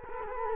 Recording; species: mosquito wingbeat signal from an infrared sensor; Culex quinquefasciatus